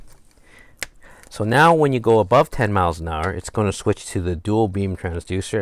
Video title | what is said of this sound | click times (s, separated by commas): Humminbird Helix Gen 4, 3, 2, 1 Settings, Setup, & Program Tutorial for Fishing #Humminbird #Helix | and we take the side scan port and we snap this into position | 0.8 s